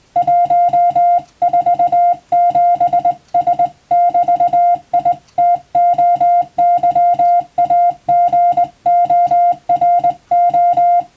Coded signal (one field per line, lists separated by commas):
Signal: Morse code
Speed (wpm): 20 wpm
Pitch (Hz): 700 Hz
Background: music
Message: 147S <BT> ITOYAGORO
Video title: モールスの国家試験の練習風景！スマホの今でも電気通信術の実技試験があります！通信技術の原点！アマチュア無線の受信練習にもどうぞ(morse code practice radio operator )